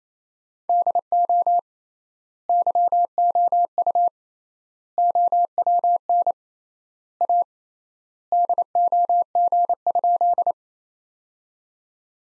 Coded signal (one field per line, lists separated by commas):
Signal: Morse code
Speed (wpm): 28 wpm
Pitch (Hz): 700 Hz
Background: none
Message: DO YOU OWN A DOG?